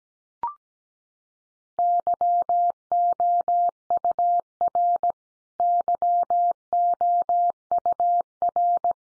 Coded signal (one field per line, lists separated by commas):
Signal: Morse code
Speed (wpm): 17 wpm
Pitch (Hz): 700 Hz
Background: none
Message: YOUR YOUR